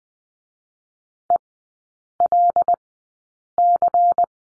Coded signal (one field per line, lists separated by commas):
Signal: Morse code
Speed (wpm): 20 wpm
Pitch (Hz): 700 Hz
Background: none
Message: ELC